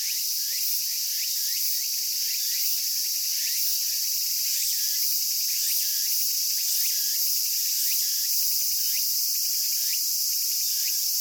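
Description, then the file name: Tsukutsukuboshi cicada song: a steady high shrill buzz with rapid repeated rising chirps, continuing throughout without a break. "tsukutsukuboushi cry"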